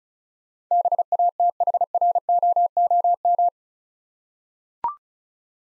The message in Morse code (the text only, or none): BATHROOM